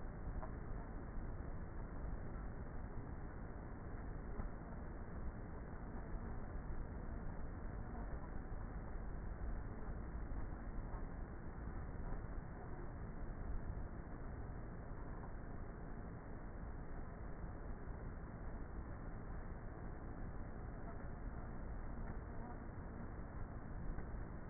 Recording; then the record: honeybee colony, microphone inside the hive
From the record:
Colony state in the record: queenless with a low population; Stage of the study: before two queens were removed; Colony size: about 30,000 bees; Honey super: no